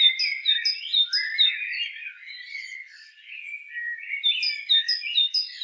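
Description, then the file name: Great tit calling in repeated paired notes, a high note dropping to a lower one, in bursts at the start and end, with warbling chatter between them. "Parus major"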